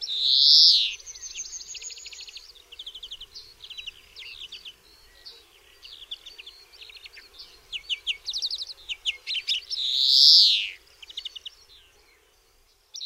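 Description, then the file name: European greenfinch song with a loud drawn-out nasal wheeze at the start and another near the end, between them a long run of twittering and rattling trills. "DZWONIEC"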